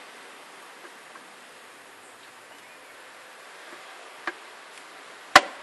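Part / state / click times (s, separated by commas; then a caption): housing refitted on an automatic transmission / seated / 5.4 s. During an automatic gearbox oil change on a Grand Cherokee V6 3.0 CRD diesel, a module housing is pushed back into place on the automatic transmission. After a quiet stretch and a smaller tap at 4.3 s, one sharp loud click sounds at 5.4 s as the housing snaps home and is properly seated.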